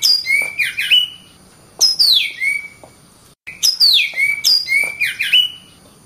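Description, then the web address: Oriental magpie-robin song in two matching bursts of loud descending whistles and sharp chips, separated by a short pause of near silence. Loud song used as masteran to train other songbirds. "Suara kacer ngplong keras. masteran burung kacer"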